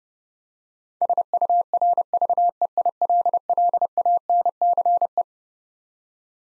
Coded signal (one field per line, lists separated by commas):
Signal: Morse code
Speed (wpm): 30 wpm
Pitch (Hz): 700 Hz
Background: none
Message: SURVEILLANCE